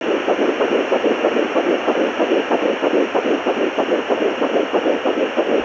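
Rapid, regular whooshing pulses over a steady hiss: a fetal heartbeat picked up by a Doppler monitor.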